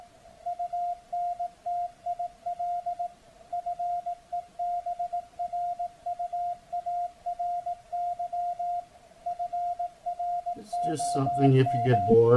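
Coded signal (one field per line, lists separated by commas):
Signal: Morse code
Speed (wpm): 18 wpm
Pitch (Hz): 700 Hz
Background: speech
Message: UNTIL FEBRUARY FROM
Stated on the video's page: CW received on 7047.505 kHz with an SDRplay RSPdx receiver.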